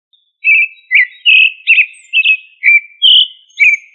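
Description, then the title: Thrush giving a short burst of whistled, warbling notes, some slightly buzzy, in a quick uneven series of about eight. "Familia Turdidae - Sabia"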